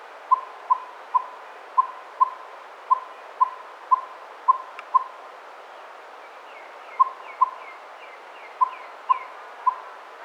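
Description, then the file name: Northern saw-whet owl giving rapid whistled toots that stop for about two seconds, while a higher series of short chirping notes sounds faintly, then the tooting resumes. Nominate subspecies acadicus. "Northern Saw-whet Owl - Aegolius acadicus acadicus"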